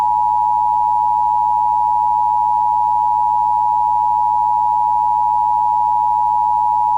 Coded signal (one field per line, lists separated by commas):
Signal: Emergency Alert System (SAME) tones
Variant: 853 and 960 Hz attention tone